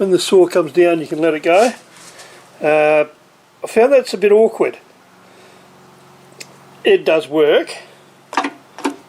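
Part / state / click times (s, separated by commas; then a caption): saw head lock latch on a portable bandsaw frame / seated / 8.4 s. Someone talks while the head of a King Tech portable bandsaw is raised back up. The saw head lock latch on the frame snaps back into place with a sharp click at 8.4 s, followed by a few more short clacks. The head is locked in.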